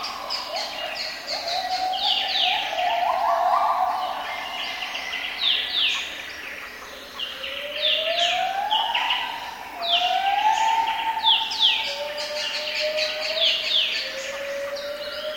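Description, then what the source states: Gibbon song, long rising whoops that climb and then hold a high pitch, repeated several times among busy chirping birds. In a forest.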